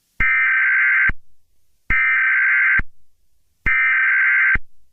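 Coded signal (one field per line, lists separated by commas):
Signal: Emergency Alert System (SAME) tones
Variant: header bursts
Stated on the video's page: Fictional alert scenario.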